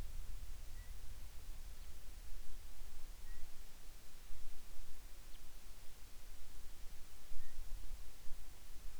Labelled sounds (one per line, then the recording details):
bird
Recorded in the Arctic National Wildlife Refuge, Alaska, on 10 July 2019 at 18:38
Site 44